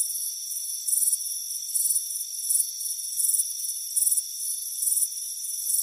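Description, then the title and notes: Cricket chirps arrive in short trilled bursts at a steady pace, over a continuous high-pitched drone. Crickets chirping on a warm afternoon on a front porch. "Soothing Crickets Chirping Sound. It's a warm afternoon as you relax in a hammock on the front porch. Relax and fall asleep to the soothing sound of chirping crickets. Deep Sleep Sounds"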